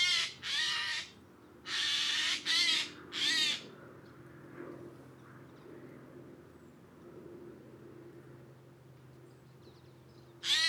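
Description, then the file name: Eurasian jay giving a quick series of several harsh, scratchy screeches, then a quiet stretch with faint low hum before one more rasping call at the end. "Garrulus glandarius"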